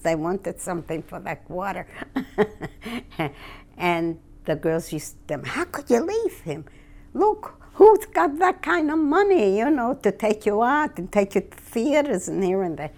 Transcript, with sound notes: They wanted something for their quarter. ( she laughs ) And the girls used to, "How could you leave him? Look, who's got that kind of money, you know, to take you out and take you to theaters and here and there?"